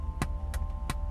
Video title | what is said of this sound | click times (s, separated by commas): 1964 Ford Galaxie 500 390ci Test Drive [4K] - REVIEW SERIES | You can actually hear it click on and off. | 0.2 s, 0.5 s, 0.9 s